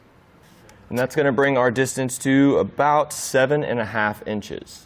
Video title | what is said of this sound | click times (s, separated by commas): etrailer - How to Set Up Your Kuat Transfer V2 Bike Rack for 2 Bikes on a 2014 Jeep Compass | and it's going to lock into place. | 0.7 s